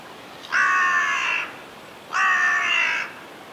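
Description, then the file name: Carrion crow: two rasping caws from a carrion crow, each lasting roughly a second, spaced about three-quarters of a second apart against quiet background hiss. "Corvus corone"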